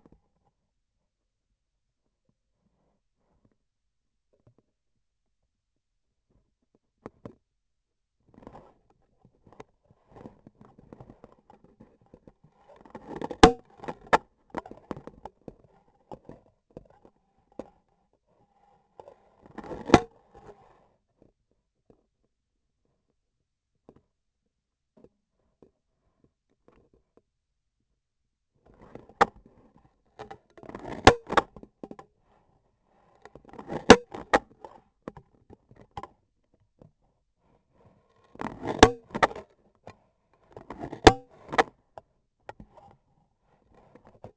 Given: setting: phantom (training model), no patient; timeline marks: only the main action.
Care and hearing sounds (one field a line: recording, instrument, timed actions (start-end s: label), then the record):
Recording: laparoscopic instrument, vibration sensor on the handle end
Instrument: scissors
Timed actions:
12.65-13.73 s: cutting foam
19.28-20.21 s: cutting foam
30.44-31.21 s: cutting foam
33.41-34.07 s: cutting foam
38.20-39.06 s: cutting foam
40.30-41.34 s: cutting foam
From the record:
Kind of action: gesture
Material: foam